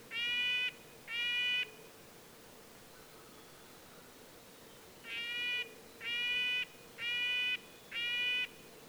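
Red-breasted nuthatch calling with nasal, toy-trumpet notes: two quick toots, a pause of several seconds, then four more in a steady series.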